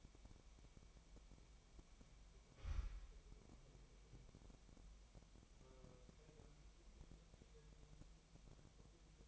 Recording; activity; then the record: daily activity, microphone in the room; wipe stove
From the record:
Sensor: 1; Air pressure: 1003.3 hPa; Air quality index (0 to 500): 201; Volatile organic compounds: 6 ppm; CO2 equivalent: 1918 ppm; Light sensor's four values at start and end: 8/20/8/10 and 8/19/8/9